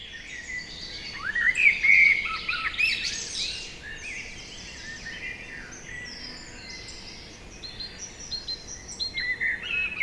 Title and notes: Lac de Barterand - Magnieu, France - Chorus du soir. ce merle noir. son chant s'envole en trilles